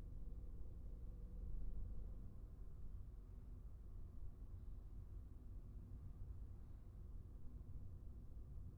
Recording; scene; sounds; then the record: everyday scene through a hearing-aid microphone; in a vehicle; engine, traffic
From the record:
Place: Skoda Fabia, gasoline engine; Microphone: behind the ear, right, rear